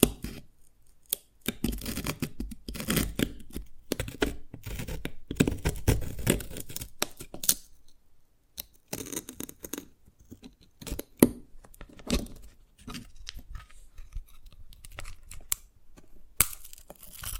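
Dalgona candy being tapped and cracked, with quick dry clicks and brittle snaps packed densely through the first ten seconds. After a short lull near eight seconds, the tapping returns sparser and softer, with a few sharper cracks standing out along the way.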